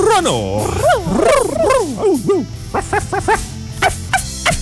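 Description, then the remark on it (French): A voice imitates pigeon cooing: loud, warbling coos that swoop up and down in pitch, followed by a run of short, quick repeated coo-like bursts. “Ben, tu l'as fait, là, le rou-rou. C'est un pigeon, ça?”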